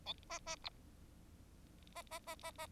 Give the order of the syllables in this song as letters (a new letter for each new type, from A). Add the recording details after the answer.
A B B C B B B B B. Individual Bird4